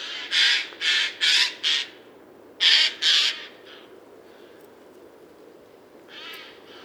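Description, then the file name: Eurasian jay calls in a run of four coarse screeches, then two louder ones, followed by a fainter rasp after a pause. "Garrulus glandarius"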